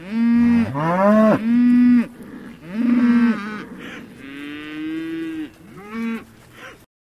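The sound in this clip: Cattle lowing, a series of moos with rising and falling tones, some short, others drawn out, the later ones quieter.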